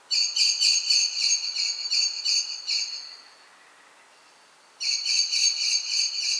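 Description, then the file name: Common blackbird chattering: a harsh, fast series of repeated notes for about three seconds, a two-second lull, then another loud burst of the same notes. "Turdus merula"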